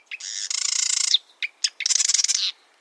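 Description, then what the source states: Marsh Wren song: two dense buzzy, rattling trills, each introduced by short sharp notes. Song likened to air bubbles forcing their way through mud (Wilson) or the grating of a rusty hinge (Audubon); a male may sing straight through the night.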